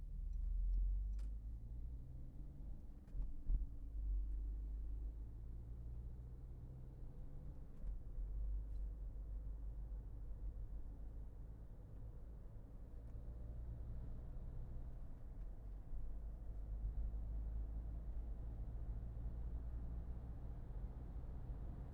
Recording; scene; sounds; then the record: everyday scene through a hearing-aid microphone; in a vehicle; engine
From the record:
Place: Berlingo II, diesel engine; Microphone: behind the ear, left, front